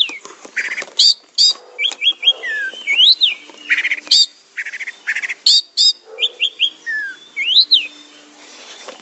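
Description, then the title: Orange-headed thrush singing a long varied sequence: buzzy bursts, stuttered high notes, and up-and-down whistled slurs repeated in similar phrases. "Anis Merah"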